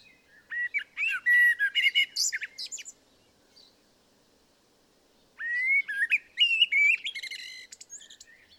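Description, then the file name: Common blackbird delivering two long, liquid warbled phrases with rising and falling whistles and high twittered endings, a short quiet gap between them. "Turdus merula"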